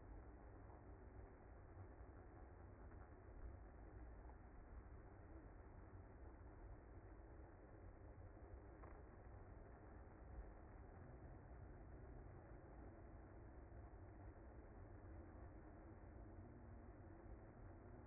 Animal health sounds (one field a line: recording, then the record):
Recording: honeybee colony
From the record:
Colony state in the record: active